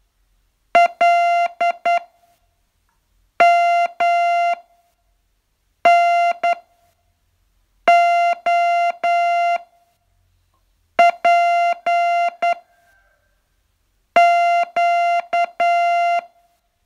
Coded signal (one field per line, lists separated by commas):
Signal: Morse code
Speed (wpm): 9 wpm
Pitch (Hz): 690 Hz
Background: music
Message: L M N O P Q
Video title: Learn Morse in 42 Days from VU2LAU - day 40